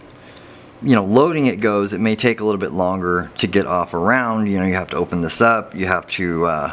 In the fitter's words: slides closed again and click just clicks right into place